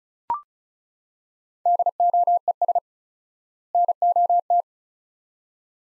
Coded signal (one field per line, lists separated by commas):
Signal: Morse code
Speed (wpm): 36 wpm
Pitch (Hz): 700 Hz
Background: none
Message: DOES NOT